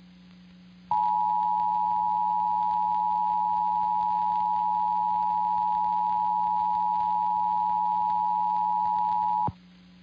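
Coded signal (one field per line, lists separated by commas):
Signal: Emergency Alert System (SAME) tones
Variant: 853 and 960 Hz attention tone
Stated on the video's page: EAS SAME tones from FM station tests.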